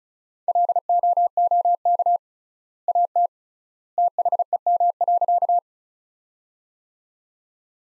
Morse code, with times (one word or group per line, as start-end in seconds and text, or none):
0.5-2.2 LOOK
2.9-3.3 AT
4.0-5.6 THEM.